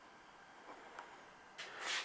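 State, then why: Seated. A tap-style splice connector is pressed shut onto the black wire of the rear turn signal harness on a Honda CRF300L during a TST Running Mate and flasher relay install. After a faint tick near 0.7 s, a short, sharp click at 1.0 s shows the connector has clicked closed and seated. A broadband rustling hiss follows from about 1.6 s and grows loudest around 1.9 s.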